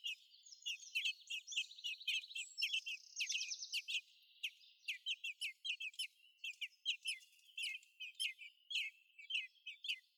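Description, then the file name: Eurasian blackbird calling with quick descending chip notes, nearly two per second, overlapping early on with a higher, buzzy, pulsed trill. "Turdus merula"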